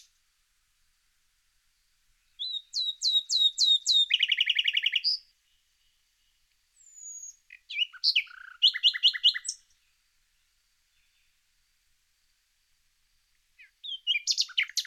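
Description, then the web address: Common nightingale song: phrases of rapidly repeated notes, with a fast, full rattle and varied chirps, broken by silent pauses. "IVN Zangvogels. Nachtegaal"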